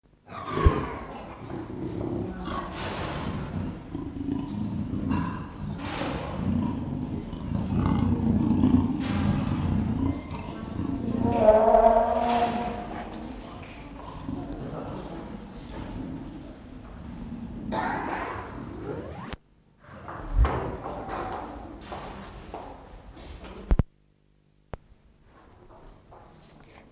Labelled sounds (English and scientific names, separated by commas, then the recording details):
Leopard (Panthera pardus) growling, Tiger (Panthera tigris)
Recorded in captivity
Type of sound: growling
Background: Panthera tigris
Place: Zoo Berlin, Berlin, DE
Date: 1960-01-16 15:00
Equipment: Reporter (Vollspur)
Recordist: Tembrock, Günter
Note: Schwarzer Panther. Paar: Abwehrlaute bei Begegnung. Abstand ca. 3 m